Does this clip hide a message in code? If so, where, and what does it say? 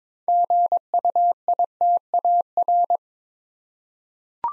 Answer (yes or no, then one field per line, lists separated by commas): yes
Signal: Morse code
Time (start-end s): 0.3-3.0 s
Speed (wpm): 23 wpm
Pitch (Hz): 700 Hz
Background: none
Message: GUITAR